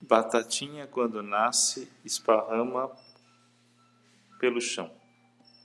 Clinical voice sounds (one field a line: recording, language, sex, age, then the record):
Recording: short text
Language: Brazilian Portuguese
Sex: male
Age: 40 to 49 years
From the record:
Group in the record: control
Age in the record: 49 years